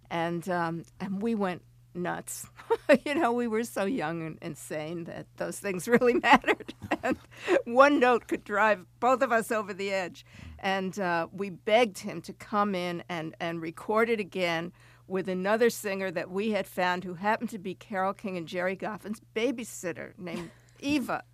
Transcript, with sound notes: And we went nuts. You know, we were so young and insane that those things really mattered. (Laughter) And one note could drive both of us over the edge. And we begged him to come in and record it again with another singer that we had found who happened to be Carole King and Gerry Goffin's babysitter named Eva.